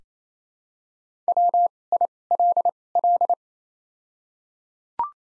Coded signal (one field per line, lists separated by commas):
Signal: Morse code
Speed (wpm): 28 wpm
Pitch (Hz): 700 Hz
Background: none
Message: W I L L